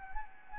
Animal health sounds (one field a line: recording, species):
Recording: mosquito wingbeat signal from an infrared sensor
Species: Anopheles gambiae